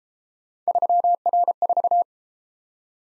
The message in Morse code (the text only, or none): 3R4